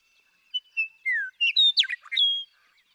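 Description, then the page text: Western meadowlark song: several whistled notes, one slurring downward, leading into a gurgled flourish and a closing clear whistle. Male singing in Sierra Valley, eastern California, in 2018. "Birdsong for the Curious Naturalist. The joy of western meadowlark songs. Sierra Valley in eastern California"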